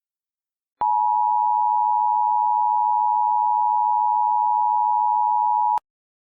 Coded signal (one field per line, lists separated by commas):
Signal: Emergency Alert System (SAME) tones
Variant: 853 and 960 Hz attention tone